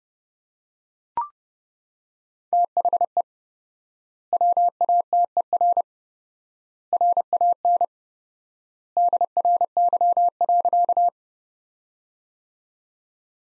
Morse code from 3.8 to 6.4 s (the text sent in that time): WATER